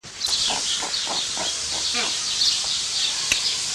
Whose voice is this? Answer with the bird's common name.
Roseate Spoonbill